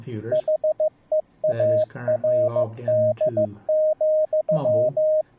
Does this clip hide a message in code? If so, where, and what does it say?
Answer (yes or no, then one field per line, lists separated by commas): yes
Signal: Morse code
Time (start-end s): 0.3-5.2 s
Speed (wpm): 15 wpm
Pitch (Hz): 620 Hz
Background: speech, radio noise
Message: HEARD,